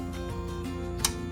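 A torque wrench tightens another bolt in the sequence on a 1973 Triumph TR6 restoration, with steady music playing in the background. The wrench gives a sharp click at 1.1 s as it reaches its setting, and the tightening is approved. Another brief tick follows right at the end, at 1.4 s.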